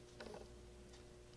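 The repaired antenna cover piece of a Uniden DXI-386-2 900 MHz cordless phone's plastic casing is slid in and pushed until it locks. A sharp mechanical click lands at 0.2 s over a steady low hum, with a few faint ticks after. The piece locks into place in the casing.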